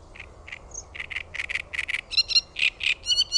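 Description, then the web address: Great reed warbler producing harsh, repeated croaking notes in pairs, shifting into higher, squeakier chirps toward the end of the phrase. "OMAT AANITYKSET RASTASKERTTUNEN"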